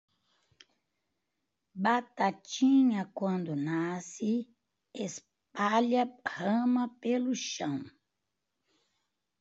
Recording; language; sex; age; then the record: short text; Brazilian Portuguese; female; 70 to 79 years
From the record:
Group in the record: control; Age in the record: 74 years